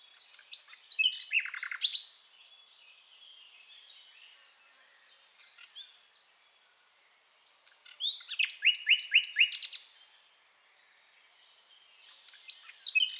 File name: Luscinia megarhynchos